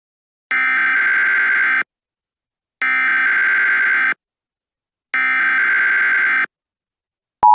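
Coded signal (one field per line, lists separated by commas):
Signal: Emergency Alert System (SAME) tones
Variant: header bursts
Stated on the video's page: Fictional EAS scenario about SCP creatures in Milwaukee, made with Movie Maker; simulated alert tones.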